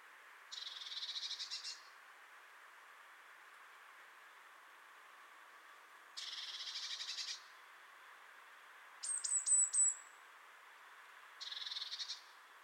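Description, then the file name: Great tit giving harsh, buzzy churring bursts of about a second each. A quick series of thin, high, falling notes comes between them. "Parus major"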